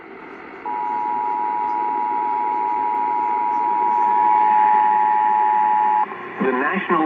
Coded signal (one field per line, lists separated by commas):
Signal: Emergency Alert System (SAME) tones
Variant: 853 and 960 Hz attention tone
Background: speech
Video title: Tornado Warning for Lafourche, St. Charles, Terrebone, LA on WWL-AM 870 (EAS #278)